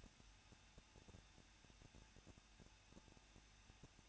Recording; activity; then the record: daily activity, microphone in the room; no activity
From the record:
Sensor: 2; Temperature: 21.0 degrees Celsius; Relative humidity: 37.5%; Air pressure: 1006.3 hPa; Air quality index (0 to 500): 223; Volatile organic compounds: 25 ppm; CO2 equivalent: 2834 ppm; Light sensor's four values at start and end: 2/3/2/2 and 2/3/2/2